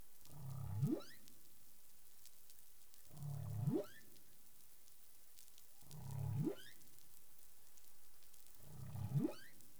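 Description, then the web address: Humpback whale vocalizing in a steady series, each call a low grunt rising sharply into a higher swooping tone, four calls roughly every three seconds, with light crackling noise. Recorded 20 April 2021 at 03:32 UTC. "CARIMAM. humpback whale"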